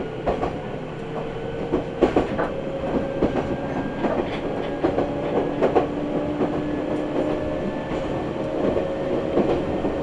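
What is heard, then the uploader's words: A commuter train rolls along a rail line, with a steady low rumble throughout. Sharp clacks of wheels over rail joints land irregularly, strongest near two and six seconds, while faint squealing tones drift above the rumble. Nagoya Railroad Mikawa Line Chiryu to Hekinan. This is commonly known as the line that passes through the sea.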